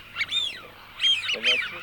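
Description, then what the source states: Eurasian wigeon whistles: a few clear whistled notes that rise and then fall, two close together near the end, over a faint low hum. Lure call for an electronic game caller.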